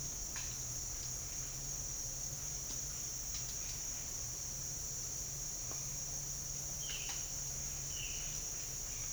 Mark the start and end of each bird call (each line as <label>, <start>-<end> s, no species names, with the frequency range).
bird call (1.9-4.3 kHz), 6.75-8.34 s